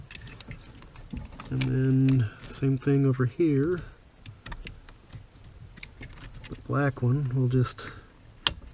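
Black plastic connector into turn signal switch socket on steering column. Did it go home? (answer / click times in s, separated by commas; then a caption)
yes / 8.5 s. While a new turn signal switch is installed on a 1998 GMC C1500 to add cruise control, a black plastic connector is pushed into its mating socket on the steering column. Someone talks over faint handling ticks, then one sharp, loud click at 8.5 s shows the connector has seated.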